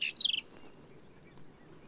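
Black-capped vireo song, a single brief high phrase of sharp notes sliding downward, followed by near silence.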